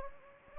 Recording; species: mosquito wingbeat signal from an infrared sensor; Anopheles gambiae